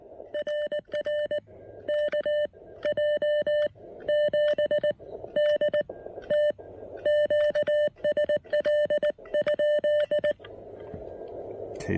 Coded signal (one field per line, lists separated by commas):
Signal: Morse code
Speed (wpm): 19 wpm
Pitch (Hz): 3000 Hz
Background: speech, radio noise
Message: RR KJ7DT QSL?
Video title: Field Report: Giving the Elecraft KX1 a thorough post-operation POTA test!